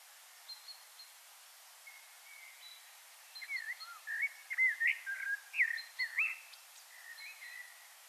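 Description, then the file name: Common blackbird song: faint high notes at first, then a quiet phrase of fluty warbles and squeaks over a steady hiss. "Turdus merula"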